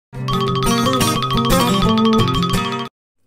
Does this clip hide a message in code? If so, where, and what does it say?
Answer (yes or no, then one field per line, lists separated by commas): no